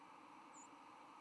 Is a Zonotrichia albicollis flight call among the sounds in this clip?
yes